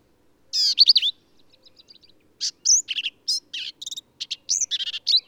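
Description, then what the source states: Black-capped vireo singing a rapid jumble of sharp, high chirps and slurred notes, several phrases strung together with a softer twittering pause between them. Male singing in the Texas hill country, United States; endangered species; varies phrases, truncating, embellishing and running several together; all recordings from one individual.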